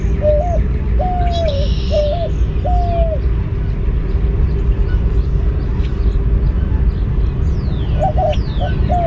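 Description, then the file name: White-winged dove cooing in a phrase of four notes, alternating short and drawn-out falling hoots, then a few more coos at the end, over low rumble and chirps. Advertising coo of the white-winged dove. "WWDO-Advertising Coo"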